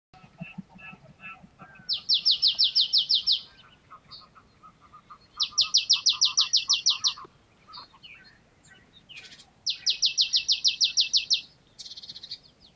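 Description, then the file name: Marsh tit giving three bursts of rapid, evenly spaced high chipping notes, each lasting about one and a half seconds, with quieter lower notes between bursts. "Poecile palustris"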